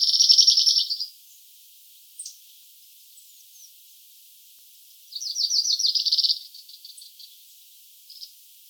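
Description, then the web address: Cirl bunting giving two fast, rattling high trills about five seconds apart, with a few faint thin notes and clicks between them. "emberiza cirlus call"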